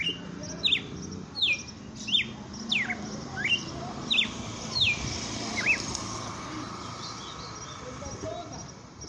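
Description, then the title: Red-cowled cardinal singing a series of clear, slurred whistles, mostly falling, with short pauses between notes. Female bird; song style called açoite selvagem; bird named Fenrir. "Canto Galo Campina Fêmea. Galo de campina FENRIR no AÇOITE SELVAGEM"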